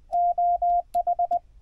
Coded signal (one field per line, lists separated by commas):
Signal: Morse code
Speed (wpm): 19 wpm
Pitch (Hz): 690 Hz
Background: radio noise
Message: OH